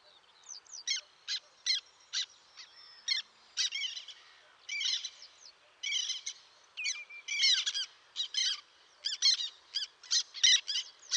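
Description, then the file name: Black tern calls, clipped squeaky notes repeated in uneven runs, some grouped into quick chatters, with more than one bird calling. "rybitwaczarna"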